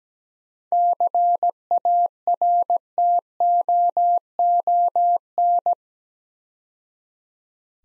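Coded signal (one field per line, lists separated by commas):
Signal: Morse code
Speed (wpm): 17 wpm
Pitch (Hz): 700 Hz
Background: none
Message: CARTOON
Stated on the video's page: Morse practice at 17 wpm: seven-letter words sent twice for head-copy drill.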